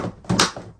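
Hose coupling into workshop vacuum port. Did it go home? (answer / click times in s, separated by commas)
yes / 0.4 s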